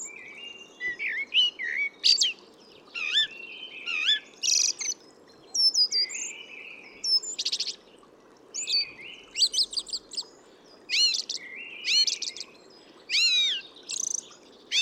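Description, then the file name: Eurasian blackbird singing mellow warbled whistles mixed with thin, high squeaks and twitters, phrases coming in rapid succession, with faint steady background noise throughout. "Turdus merula"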